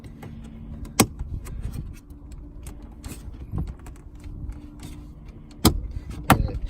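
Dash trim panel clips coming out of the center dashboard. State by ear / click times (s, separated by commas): released / 1.0 s, 5.7 s, 6.3 s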